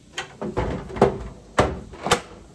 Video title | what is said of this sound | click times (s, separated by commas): How To Disassemble Crisper Drawer On Kenmore Model 253.70413414 | hear that snap it's in | 1.6 s, 2.1 s